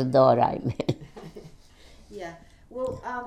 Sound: they laugh

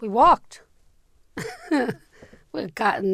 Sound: she laughs

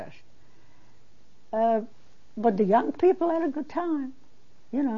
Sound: none

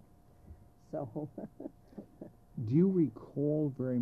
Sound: chuckles

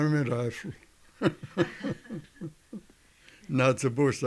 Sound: laughs

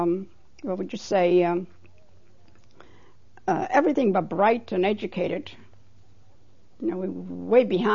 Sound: none

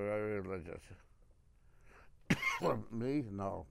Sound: coughs

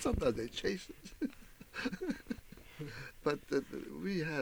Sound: laughs

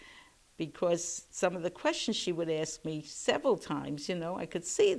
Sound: none

